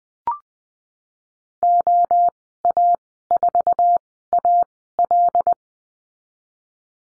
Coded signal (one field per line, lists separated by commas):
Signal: Morse code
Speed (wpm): 19 wpm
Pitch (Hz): 700 Hz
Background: none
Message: OA4AL